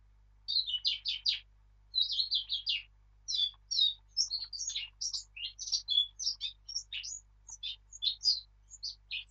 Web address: birdsong Sylvia atricapilla